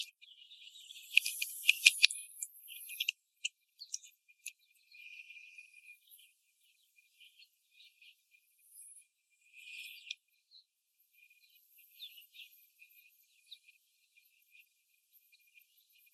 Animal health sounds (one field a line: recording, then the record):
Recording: young laying hens in a cage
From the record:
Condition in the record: after the stressor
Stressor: simulated dog barking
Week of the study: 3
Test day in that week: 2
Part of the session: 1